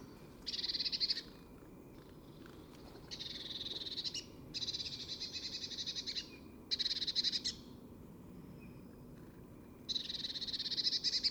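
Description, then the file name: Eurasian blue tit giving harsh, buzzy churring bursts, each about a second long, repeated five times with gaps of a few seconds between. "Cyanistes caeruleus"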